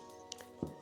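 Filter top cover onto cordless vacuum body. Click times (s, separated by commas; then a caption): 0.3 s. The plastic top cover is screwed back onto an LG A9K Evolve cordless vacuum body after a clean dust filter has been fitted, over background music. A sharp, bright click at 0.3 s shows the cover seated in place, followed by a softer tick around 0.4 s and a duller low knock near 0.6 s.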